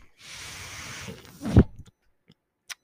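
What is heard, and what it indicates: A steady airy hiss for about a second, then a soft thump and clicks: one breath delivered by a home mechanical ventilator.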